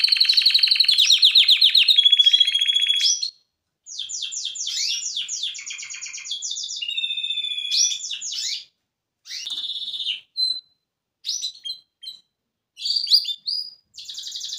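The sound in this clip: Canary song: a loud rapid trill, then rolling tours of falling notes and a level whistle, breaking into short separated phrases with brief silences between.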